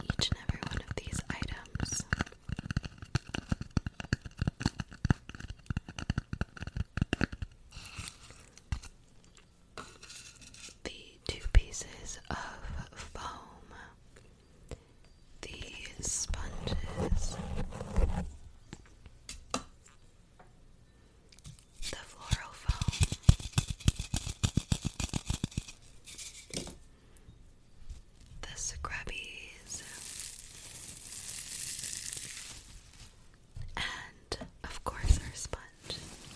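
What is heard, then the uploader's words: Rough scratching and scraping comes in uneven bursts, with busy, dense stretches around the start, the middle, and near 23–27 seconds. Softer gaps separate them, and around 30 seconds a hissy, bright rasp takes over briefly. Lots of scratching and rough textures.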